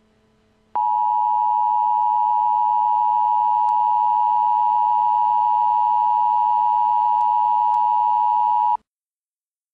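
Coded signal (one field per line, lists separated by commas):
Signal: Emergency Alert System (SAME) tones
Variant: 853 and 960 Hz attention tone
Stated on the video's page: Tornado warning for Bloomington, Indiana, made as a realistic or extreme scenario rather than a live capture.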